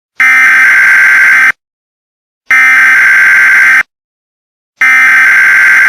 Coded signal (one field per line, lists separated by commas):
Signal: Emergency Alert System (SAME) tones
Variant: header bursts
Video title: EAS Tornado and Thunderstorm PRANK [LOUD NOISE]